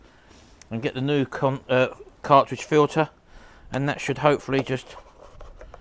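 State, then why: Not seated. Someone talks while handling a new paper oil filter cartridge, fitting it into the plastic filter housing cap of a Ford Mondeo Mk3 2.0 Duratorq diesel engine during an oil and filter change. A few faint, short scrapes and taps follow near the end. The cartridge has not clicked or seated yet.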